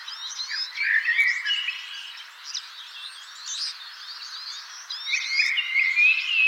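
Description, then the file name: Common blackbird giving warbling phrases near the start and again near the end, with high twittering throughout. "Turdus merula"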